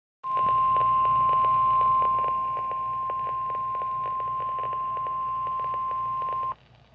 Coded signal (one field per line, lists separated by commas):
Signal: Emergency Alert System (SAME) tones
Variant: 1050 Hz attention tone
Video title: Severe Thunderstorm Warning on KEC-60 (EAS #69)